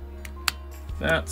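A smaller plastic rotor part is pushed into the helicopter vehicle of a Soul of Chogokin GX-88 Dairugger XV / Vehicle Force Voltron combining robot toy. Two short, sharp ticks come at 0.3 s and 0.5 s, the second louder, over a low steady hum, and someone talks near the end. The rotor part is seated in place.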